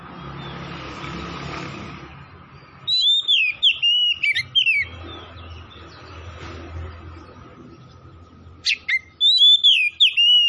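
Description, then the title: Oriental magpie-robin whistling varied, loud phrases in two bouts, with soft background rumble and hiss. Tretes, singing vigorously (gacor). "Kacer Tretes"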